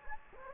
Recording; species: mosquito wingbeat signal from an infrared sensor; Anopheles gambiae